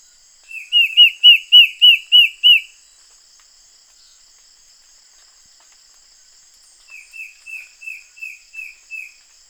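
Bird giving a quick burst of loud arched whistles, then silence for about four seconds, then a softer run of similar notes; faint high hiss throughout.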